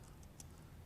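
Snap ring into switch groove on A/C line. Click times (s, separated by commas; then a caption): 0.4 s. A retaining snap ring is fitted into the groove on a car air-conditioning line to hold the A/C switch in place. A faint tick comes at about 0.2 s, then a sharp, brief click at 0.4 s over a low steady hum. The snap ring seats and locks into the groove at 0.4 s.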